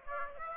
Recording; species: mosquito wingbeat signal from an infrared sensor; Aedes aegypti